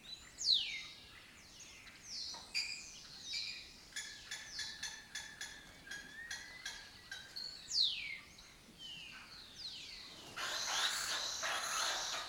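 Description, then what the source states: Lesser kestrels give high, falling calls alongside a series of rapid clicking taps, with a hissing noise near the end. Breeding colony in an abandoned building complex in Doñana; migratory raptor that forages in West Africa and breeds in southern Europe.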